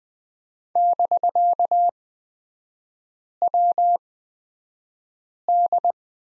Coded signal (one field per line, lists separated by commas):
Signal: Morse code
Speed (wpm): 20 wpm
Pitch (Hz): 700 Hz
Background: none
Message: <BK>WD